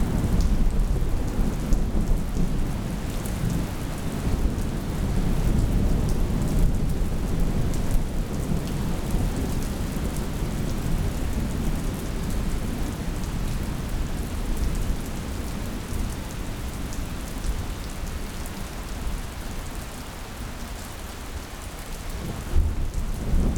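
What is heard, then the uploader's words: A monsoon thunderstorm pours down in a dense, unbroken wash of rain across the whole clip. A deep, rolling thunder rumble sits underneath, heaviest early on, easing slightly near twenty seconds before a louder surge of rain at the very end. Sounds of the Monsoon Thunderstorm.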